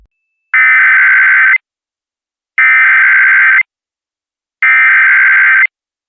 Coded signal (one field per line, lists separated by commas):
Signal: Emergency Alert System (SAME) tones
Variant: header bursts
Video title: Top 5 SCARIEST Emergency Alerts.